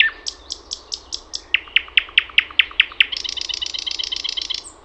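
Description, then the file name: Thrush nightingale song: about six high whistled notes, then a loud run of about eight evenly repeated clicking notes, ending in a fast dry rattle. "SATAKIELI"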